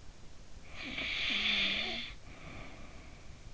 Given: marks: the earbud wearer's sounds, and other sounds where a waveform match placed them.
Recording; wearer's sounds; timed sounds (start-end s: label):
sounds in sleep by an in-ear microphone; snoring breath
0.20-3.06 s: snoring breath